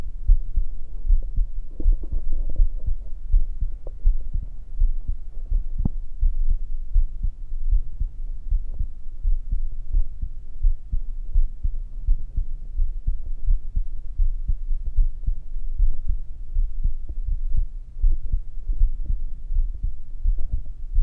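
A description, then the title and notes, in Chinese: A heartbeat thumps low, its beats arriving fast and fairly regular across the whole stretch with no pauses. Faint muffled rustles and a soft low murmur sit underneath, while the sound stays dark and dull, with little brightness. 心跳 & 呼吸。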